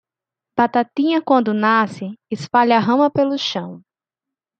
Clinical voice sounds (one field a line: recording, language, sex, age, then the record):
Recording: short text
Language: Brazilian Portuguese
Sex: female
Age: 20 to 29 years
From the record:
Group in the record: control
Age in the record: 25 years